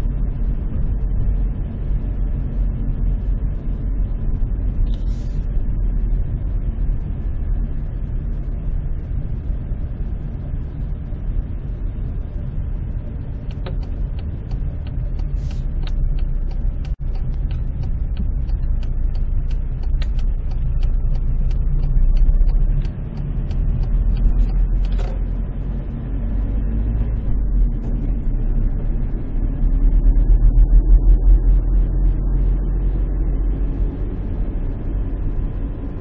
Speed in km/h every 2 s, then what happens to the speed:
21, 21, 20, 8, 16, 15, 15, 2, 3, 3, 0, 9, 21, 25, 29, 33, 35, 37.
0-20 slows to 0. 20-31 pulls away to 35.